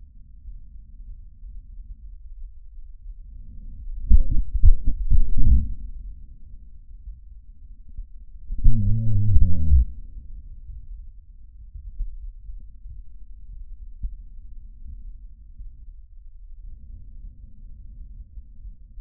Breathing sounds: lung sounds by stethoscope; trachea; quiet breathing, then cough and speech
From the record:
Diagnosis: COPD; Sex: male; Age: 60 years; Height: 171 cm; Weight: 59.4 kg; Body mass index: 20.3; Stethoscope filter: bell mode

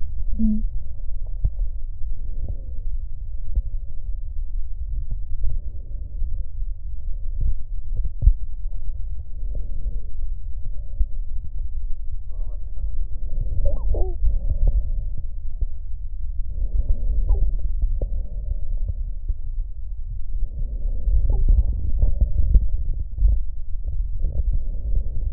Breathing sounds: lung sounds by stethoscope; left anterior apical chest; quiet breathing, then deep breathing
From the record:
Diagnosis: asthma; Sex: female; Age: 56 years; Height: 161 cm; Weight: 85 kg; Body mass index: 32.8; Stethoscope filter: extended mode

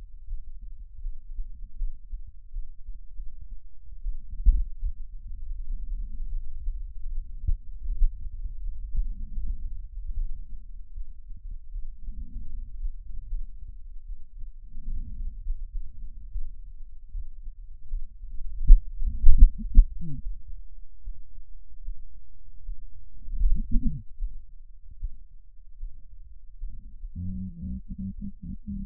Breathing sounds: lung sounds by stethoscope; right anterior apical chest; quiet breathing, then cough and speech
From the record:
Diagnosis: COPD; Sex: female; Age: 72 years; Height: 156 cm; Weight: 72 kg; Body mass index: 29.6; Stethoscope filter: bell mode

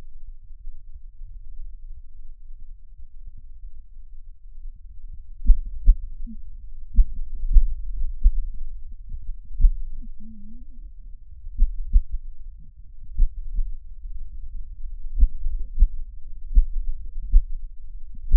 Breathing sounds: lung sounds by stethoscope; left anterior apical chest; quiet breathing, then cough and speech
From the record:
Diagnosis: COPD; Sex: female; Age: 65 years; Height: 156 cm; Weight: 63.9 kg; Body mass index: 26.3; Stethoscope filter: bell mode

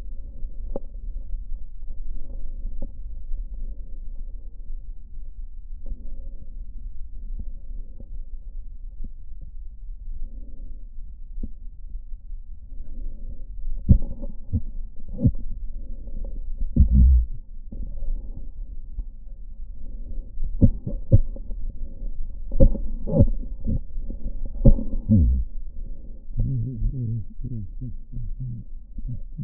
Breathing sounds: lung sounds by stethoscope; left posterior apical chest; quiet breathing, then cough and speech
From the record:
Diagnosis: pulmonary infection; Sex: male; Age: 69 years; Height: 184 cm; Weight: 115 kg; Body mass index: 34.0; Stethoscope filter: diaphragm mode

